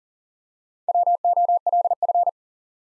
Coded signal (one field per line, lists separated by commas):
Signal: Morse code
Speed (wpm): 38 wpm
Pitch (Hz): 700 Hz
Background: none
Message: WOLF